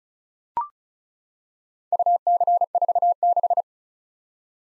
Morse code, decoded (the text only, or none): UC46